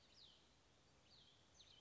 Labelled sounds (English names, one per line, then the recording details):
Cassin's Vireo
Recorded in Sonoma County, California